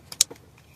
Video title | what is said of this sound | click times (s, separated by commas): How To Replace Your Spark Plugs: 2004 Honda Accord | Hear the click. | 0.2 s